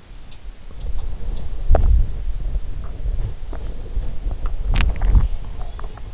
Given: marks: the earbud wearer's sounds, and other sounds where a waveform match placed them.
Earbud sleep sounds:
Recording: sounds in sleep by an in-ear microphone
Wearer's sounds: swallowing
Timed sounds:
1.69-2.64 s: swallowing
2.70-4.14 s: swallowing
4.20-4.56 s: swallowing
4.67-5.31 s: swallowing
5.52-6.14 s: swallowing

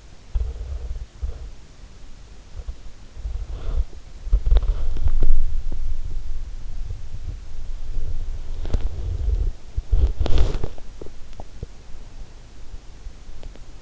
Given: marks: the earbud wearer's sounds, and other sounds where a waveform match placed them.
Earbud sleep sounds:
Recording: sounds in sleep by an in-ear microphone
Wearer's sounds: body movement, teeth grinding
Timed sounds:
0.00-11.93 s: body movement
10.92-13.82 s: teeth grinding

